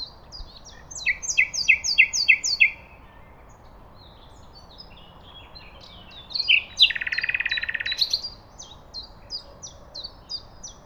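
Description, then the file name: Common nightingale song: a run of evenly repeated rattling notes, a pause, then a rich buzzy rattle lasting about a second, with thin high notes repeating afterward. "Luscinia megarhynchos"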